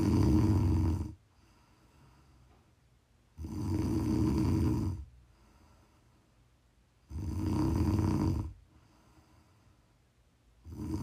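ASMR snoring: a sleeping adult woman snores in low-pitched, rumbling bursts about every four seconds, with quiet breathing gaps between them.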